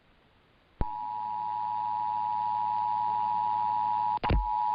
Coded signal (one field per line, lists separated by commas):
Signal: Emergency Alert System (SAME) tones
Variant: 853 and 960 Hz attention tone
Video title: EAS- First Monthly Beepers of 2024! (1/3/24)